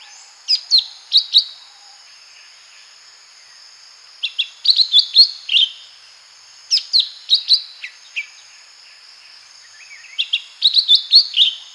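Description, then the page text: Lesser green leafbird song: rapid chattering whistled phrases delivered in bursts every few seconds, over a constant high-pitched drone. "Lesser Green Leafbird Song. Quick Sounds"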